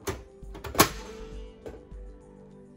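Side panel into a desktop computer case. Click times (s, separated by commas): 0.8 s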